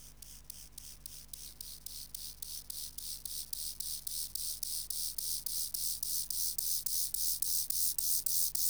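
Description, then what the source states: Lesser mottled grasshopper song: a steady run of short, hissing rasps about three or four per second, growing gradually louder throughout, over a faint low hum. Subspecies ignifer.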